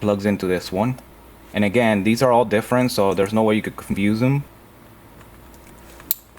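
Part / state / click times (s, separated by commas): factory car harness plug into the adapter harness connector / seated / 6.1 s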